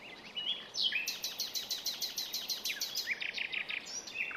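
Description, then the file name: Common nightingale song: a long run of quick, sharp repeated notes, followed by a shorter burst of repeated notes. "Luscinia megarhynchos"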